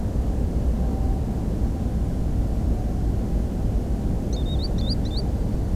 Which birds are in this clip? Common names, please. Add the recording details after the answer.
Green Sandpiper. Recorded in France